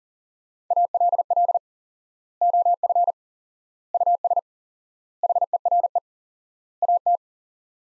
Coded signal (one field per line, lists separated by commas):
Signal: Morse code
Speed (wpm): 40 wpm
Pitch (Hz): 700 Hz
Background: none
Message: ALL OF US HERE AT